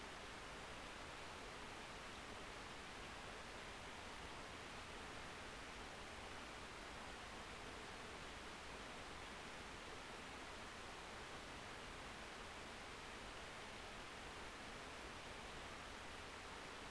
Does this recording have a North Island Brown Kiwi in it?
no